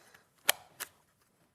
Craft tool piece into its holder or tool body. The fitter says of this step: so we just can you see how that's not done that one so put it back in until it clicks yeah